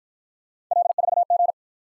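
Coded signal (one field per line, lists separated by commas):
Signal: Morse code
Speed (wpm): 55 wpm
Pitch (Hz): 700 Hz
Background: none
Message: L4G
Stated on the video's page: Computer-generated Morse practice of three-character letter-number combinations, starting at 45 wpm and slowing to a base speed, with a final repeat at maximum speed.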